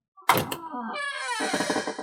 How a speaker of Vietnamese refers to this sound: Âm thanh mở cửa gỗ vang lên, Liễu Minh cất bước đi vào trong gian phòng.